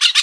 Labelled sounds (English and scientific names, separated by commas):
Brown-throated Parakeet (Eupsittula pertinax) contact call